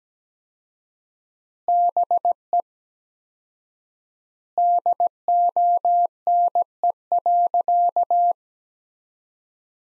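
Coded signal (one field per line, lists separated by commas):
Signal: Morse code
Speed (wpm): 17 wpm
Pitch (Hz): 700 Hz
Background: none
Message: BE DONE.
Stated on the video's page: Morse practice: sentences from the top 500 words at 17 wpm with 4x word spacing, similar to Farnsworth spacing.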